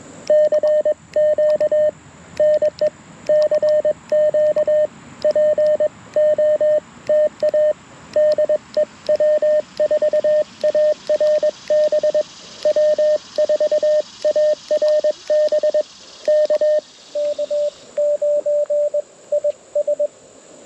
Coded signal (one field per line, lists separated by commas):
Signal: Morse code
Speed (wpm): 22 wpm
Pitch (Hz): 590 Hz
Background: radio noise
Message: CQ NE CQ POTA DE W4ARB W4ARB K K9IS